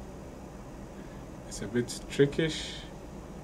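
A SIM card is pushed into a tablet's SIM card slot with a pointed tool while someone talks over a steady background hum. Nothing has seated or clicked yet; the card is still being handled and has not locked into the slot.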